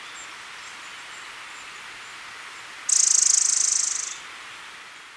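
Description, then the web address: White-sided flowerpiercer giving a thin, very high, rapid buzzy trill lasting just over a second, fading at the end, against quiet background hiss. Recorded in Ecuador. "Birds of Ecuador. White-sided Flowerpiercer"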